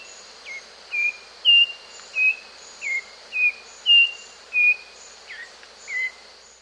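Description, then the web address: Nightingale wren song: a slow series of single pure whistled notes, each held briefly and slightly falling, shifting up and down in pitch, over a steady high insect hum. South America. "Natures Songs S America Nightingale Wren"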